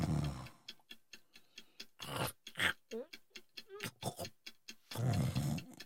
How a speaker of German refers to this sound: dieses Schnarchen unterbrechen. Halt ihm mal die Nase zu, dann hat die liebe Säge Ruhe.